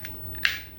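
A plastic door panel on a Tobot Grand Champion with Alpha Plus transforming toy is levered out of the toy body. Faint plastic ticks at 0.1 s and 0.4 s lead to a sharp snap at 0.5 s as the door pops open and is released.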